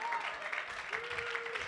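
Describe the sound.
A church audience clapping steadily during a sermon: dense, continuous patter of many hands at an even level, with a faint sustained tone and murmuring voices beneath.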